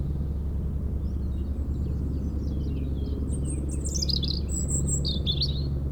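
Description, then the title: European robin song, a high thin warbling phrase of sliding whistles and trills over a steady low helicopter rumble throughout. Singing in a hedge near Lac du Bourget, Brison-Saint-Innocent, France, during helicopter lifting work on a cliff, sound echoing off Mont Corsuet; Zoom H4n Pro set vertically on ground. "4 Chem. de la Pointe Forestier, Brison-Saint-Innocent, France - Duo rouge-gorge hélicoptère"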